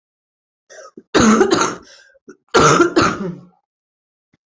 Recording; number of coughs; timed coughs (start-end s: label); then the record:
coughing; 2
1.12-1.80 s: cough
2.53-3.49 s: cough
From the record:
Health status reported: COVID-19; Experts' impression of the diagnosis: lower respiratory tract infection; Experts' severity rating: mild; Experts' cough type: wet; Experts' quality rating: good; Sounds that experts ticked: nothing specific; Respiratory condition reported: yes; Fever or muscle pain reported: no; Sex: female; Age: 32 years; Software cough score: 0.99